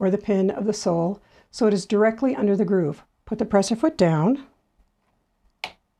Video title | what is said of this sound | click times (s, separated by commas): 3-1 Presser Feet & Hands - All Sewing Machines | and did you hear that click into place | 5.6 s